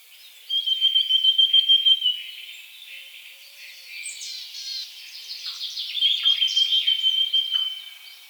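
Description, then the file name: Eurasian blackcap song: a high, fast, steady-pitched trill for over a second, then softer scratchy warbling, and the trill returning near the end. "Sylvia atricapilla"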